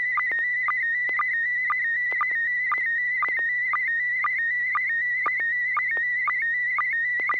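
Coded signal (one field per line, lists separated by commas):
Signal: SSTV (slow-scan television)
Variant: PD mode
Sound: warbling tone near 2 kHz with regular short lower chirps, steady low hum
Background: low hum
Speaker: okay there we go uh this is going to be pd220 n6 [Music] pgq e e I d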